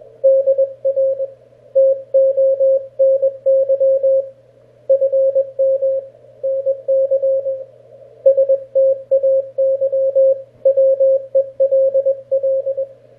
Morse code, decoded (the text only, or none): DR TONY FM NC STAY WELL